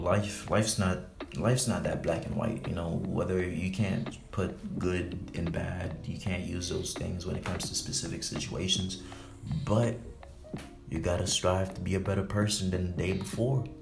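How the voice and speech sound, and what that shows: A low-pitched adult man who stutters speaks at a moderate pace. He repeats his opening phrase ('life, life's not… life's not') and breaks with short pauses between words, then stalls for longer mid-sentence. These repetitions and hesitations are mild signs of stuttering.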